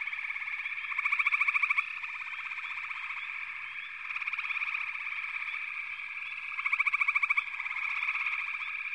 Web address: Nature Songs Nature Sounds Sounds of Nature Collection 54 Froggies